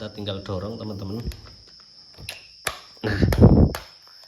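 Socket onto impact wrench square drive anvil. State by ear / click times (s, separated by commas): partly seated / 3.8 s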